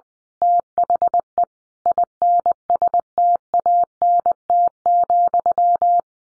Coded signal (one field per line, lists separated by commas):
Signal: Morse code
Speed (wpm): 20 wpm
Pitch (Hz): 700 Hz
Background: none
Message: THE INSTANT,